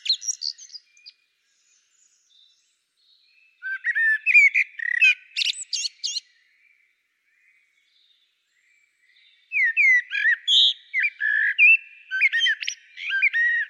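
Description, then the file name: Common blackbird singing: a short high twitter, then two mellow whistled phrases that each end in scratchy, squeaky high notes, separated by a few seconds of quiet. "Turdus merula"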